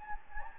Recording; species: mosquito wingbeat signal from an infrared sensor; Anopheles gambiae